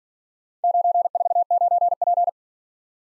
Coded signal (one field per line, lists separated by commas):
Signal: Morse code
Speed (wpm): 47 wpm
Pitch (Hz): 700 Hz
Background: none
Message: 949P